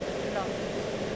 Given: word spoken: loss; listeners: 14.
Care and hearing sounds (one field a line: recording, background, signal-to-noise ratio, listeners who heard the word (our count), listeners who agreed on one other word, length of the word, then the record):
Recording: one English word in noise, from a listening test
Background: speech-shaped noise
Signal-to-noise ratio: -6.2 dB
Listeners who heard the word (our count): 0 of 14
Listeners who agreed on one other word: 8 of 14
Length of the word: 0.76 s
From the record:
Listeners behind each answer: 8, 2, 1, 1, 1, 1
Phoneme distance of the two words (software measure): 7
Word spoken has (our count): 1 syllable, 3 phonemes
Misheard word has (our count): 1 syllable, 4 phonemes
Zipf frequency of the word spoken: 4.67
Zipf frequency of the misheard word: 5.42